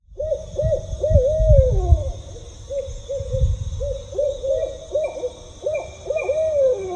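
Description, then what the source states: Barred Owls hooting in a noisy group, rhythmic hoots repeated quickly with wavering, drawn-out notes, several birds overlapping; low rumbling background in the first half. A rambunctious group of owls, riled up at a rescue in Illinois; call likened to 'who cooks for you'.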